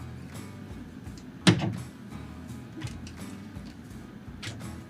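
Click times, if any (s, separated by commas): 1.5 s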